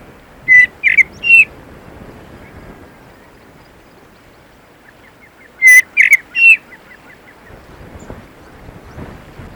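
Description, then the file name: Common blackbird calls in two bursts of a few short, sharp notes, with faint low wind rumble underneath. "Turdus merula"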